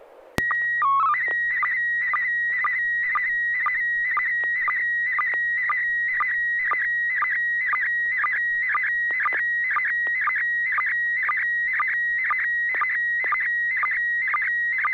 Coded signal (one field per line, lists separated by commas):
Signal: SSTV (slow-scan television)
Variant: PD 120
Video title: N6NA SSTV Net - 04/27/2022